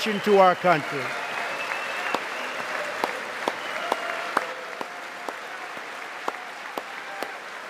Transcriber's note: applause